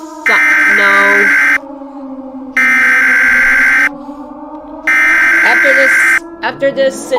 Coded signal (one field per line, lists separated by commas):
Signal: Emergency Alert System (SAME) tones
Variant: header bursts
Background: speech